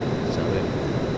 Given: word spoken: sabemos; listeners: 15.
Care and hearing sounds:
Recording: one Spanish word in noise, from a listening test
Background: speech-shaped noise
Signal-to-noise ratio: -6.1 dB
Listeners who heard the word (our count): 3 of 15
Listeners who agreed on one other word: 10 of 15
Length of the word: 0.78 s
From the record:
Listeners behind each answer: 10, 3, 1, 1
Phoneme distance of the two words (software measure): 24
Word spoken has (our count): 3 syllables, 7 phonemes, stress on syllable 2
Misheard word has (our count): 2 syllables, 5 phonemes, stress on syllable 2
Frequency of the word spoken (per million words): 60.40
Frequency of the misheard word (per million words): 200.86

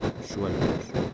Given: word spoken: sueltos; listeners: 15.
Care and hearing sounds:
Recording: one Spanish word in noise, from a listening test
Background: noise modulated by three-talker babble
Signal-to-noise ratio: -5.8 dB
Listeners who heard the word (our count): 2 of 15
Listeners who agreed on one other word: 9 of 15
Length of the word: 0.74 s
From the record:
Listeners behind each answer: 9, 3, 2, 1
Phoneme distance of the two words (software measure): 7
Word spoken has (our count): 2 syllables, 7 phonemes, stress on syllable 1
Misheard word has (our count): 2 syllables, 6 phonemes, stress on syllable 1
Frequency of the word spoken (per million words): 5.53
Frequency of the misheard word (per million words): 16.21

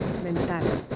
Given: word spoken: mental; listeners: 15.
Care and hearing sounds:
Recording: one Spanish word in noise, from a listening test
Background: noise modulated by three-talker babble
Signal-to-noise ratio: -3.5 dB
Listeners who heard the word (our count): 0 of 15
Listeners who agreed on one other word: 13 of 15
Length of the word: 0.56 s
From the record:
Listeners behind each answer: 13, 1, 1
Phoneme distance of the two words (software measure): 27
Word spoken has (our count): 2 syllables, 6 phonemes, stress on syllable 2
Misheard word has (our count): 3 syllables, 7 phonemes, stress on syllable 2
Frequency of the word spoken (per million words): 40.33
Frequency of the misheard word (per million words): 59.36

